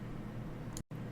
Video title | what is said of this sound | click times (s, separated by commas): '71 Boss 351 Mustang (Part 2 – Assembly) 1:25 Scale Revell 14512 -Model Kit Full Build & Review | until it locks into position in the front it snaps right into place and fits perfectly | 0.8 s